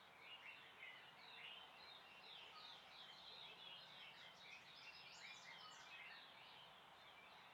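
Birds twittering together, a busy unbroken wash of short high chirps.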